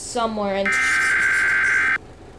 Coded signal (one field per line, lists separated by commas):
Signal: Emergency Alert System (SAME) tones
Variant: header bursts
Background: speech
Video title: D-1231 Virus EAS Senario Project Part 2